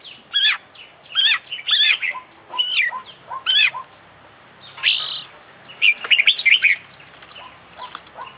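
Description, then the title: Oriental magpie-robin song of loud, separate whistled phrases, each a sharp falling slur, then a quick chattering cluster later on. International champion competition bird; song full of complete fillers (isian). "KICAU KACER FULL ISIAN KOMPLIT"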